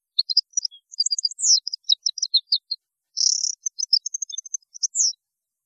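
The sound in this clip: European goldfinch song, a lively continuous stream of high tinkling and twittering notes with a short harsh buzzy burst in the middle.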